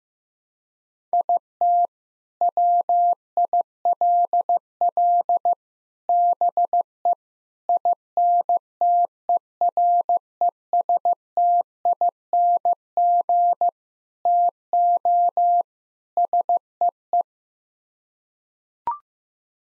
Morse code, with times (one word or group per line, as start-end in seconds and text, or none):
1.1-1.9 IT
2.4-5.5 WILL
6.1-7.1 BE
7.7-13.7 INTERESTING
14.3-15.6 TO
16.2-17.2 SEE